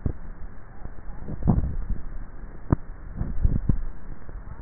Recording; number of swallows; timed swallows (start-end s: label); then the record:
swallowing sounds by neck microphone; 2
1.33-2.07 s: swallow
3.33-3.83 s: swallow
From the record:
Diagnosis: dysphagia